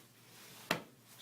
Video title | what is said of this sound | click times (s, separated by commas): Crystal iPad Folio Review for Notebookscom | it just snaps into place like that | 0.7 s